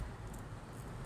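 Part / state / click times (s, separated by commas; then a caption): RAM module into motherboard memory slot / not seated / none. A second RAM memory module is being pushed into its motherboard memory slot by hand. Only a steady, low background rumble and hum is heard, with no sharp sounds. The module has not seated or clicked into the slot yet.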